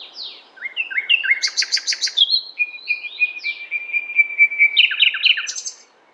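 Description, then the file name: Common nightingale singing a rich unbroken phrase of slurred whistles, a fast repeated buzzy series, and a long run of quick level notes ending in high chirps. "Luscinia megarhynchos"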